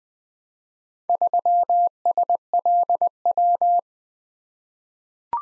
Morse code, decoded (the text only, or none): 3SLW